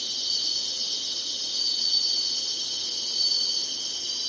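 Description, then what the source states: Insects trill together in a constant high-pitched wall of sound, broken only by a few faint, brief whistled tones. Singing insects in summer.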